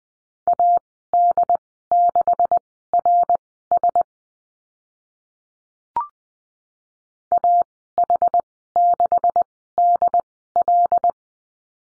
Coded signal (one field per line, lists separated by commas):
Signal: Morse code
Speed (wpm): 20 wpm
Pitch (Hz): 700 Hz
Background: none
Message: AD6RS AH6DL